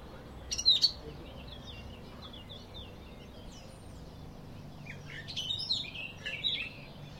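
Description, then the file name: Eurasian blackcap giving short bursts of high, rapid warbling notes near the start and again after five seconds, with faint scratchy notes between over steady low background noise. "Sylvia atricapilla"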